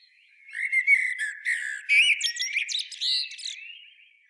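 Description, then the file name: Common blackbird song, one rich warbled phrase of low fluty notes overlaid with scratchy higher twittering, fading at the end. "Turdus merula"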